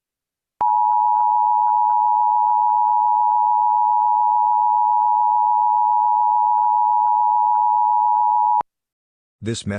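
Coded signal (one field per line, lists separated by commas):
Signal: Emergency Alert System (SAME) tones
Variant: 853 and 960 Hz attention tone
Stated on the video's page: Fictional EAS scenario.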